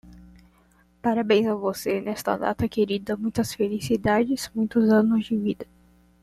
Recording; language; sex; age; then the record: short text; Brazilian Portuguese; female; 20 to 29 years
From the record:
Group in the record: control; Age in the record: 21 years